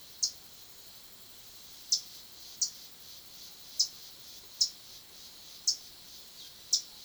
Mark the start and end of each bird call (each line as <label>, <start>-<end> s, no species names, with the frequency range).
bird call (2.1-10.4 kHz), 0.00-7.05 s